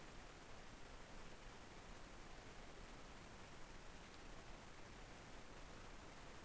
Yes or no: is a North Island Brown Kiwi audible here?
no